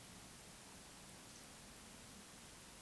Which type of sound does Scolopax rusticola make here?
whistle